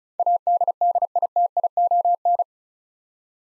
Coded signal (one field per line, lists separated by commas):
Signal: Morse code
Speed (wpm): 36 wpm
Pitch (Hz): 700 Hz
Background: none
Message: ADDITION